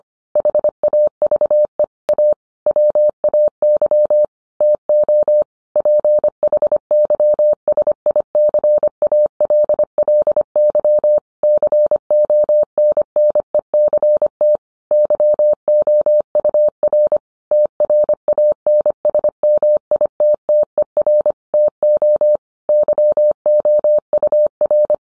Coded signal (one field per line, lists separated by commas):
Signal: Morse code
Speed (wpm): 25 wpm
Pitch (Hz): 600 Hz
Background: none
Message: HAVE A WAY TO PHYSICALLY CONNECT YOUR TRANSMITTER TO YOUR